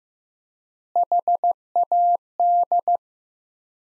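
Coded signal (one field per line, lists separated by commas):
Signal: Morse code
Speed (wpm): 15 wpm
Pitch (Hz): 700 Hz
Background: none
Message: HAD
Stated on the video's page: Morse sentence practice from the top 400 words at 15 wpm with 4x word spacing, a Farnsworth-like method.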